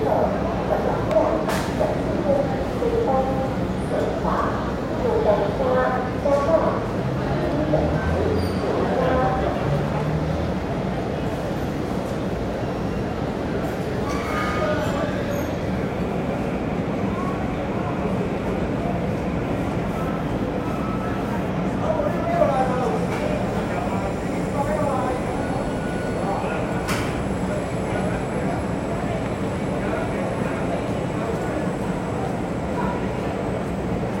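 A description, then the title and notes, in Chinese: Tainan railway station on a Taiwan Railways train: a steady low rumble with murmuring voices, occasional clanks, and a thin high whine after twenty-two seconds. 台南火車站與台鐵之上。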